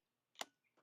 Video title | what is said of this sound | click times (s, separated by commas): Falcam TreeRoot Carbon Fiber Travel Tripod | And as you could see, the locking lever moves over. | 0.4 s